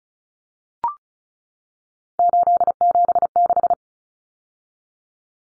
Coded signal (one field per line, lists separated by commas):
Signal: Morse code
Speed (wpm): 34 wpm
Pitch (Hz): 700 Hz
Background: none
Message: 876